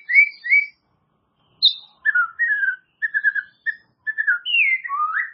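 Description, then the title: White-rumped shama song of mellow whistled notes, a short pause, then slurred phrases, a stuttered trill and a falling-then-rising swoop. "murai batu"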